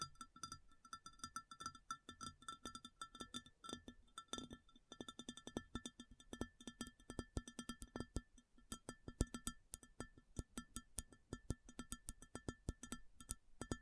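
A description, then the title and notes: Crisp tapping on a hard surface fills the recording, with quick irregular bursts of clicks and brief pauses between clusters. The taps have a hollow low knock under a bright click, and the pace stays busy throughout. ASMR Addictive Tapping. (No Talking).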